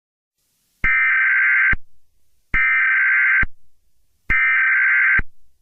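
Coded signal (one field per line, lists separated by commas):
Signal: Emergency Alert System (SAME) tones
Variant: header bursts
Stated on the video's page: Fake child abduction alert using EAS tones not made by the uploader.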